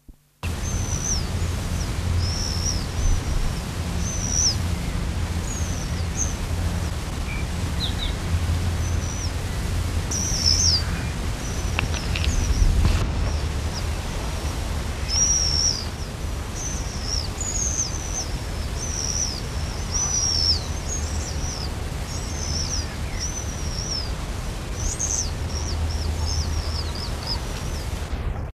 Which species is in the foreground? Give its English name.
Plain Swift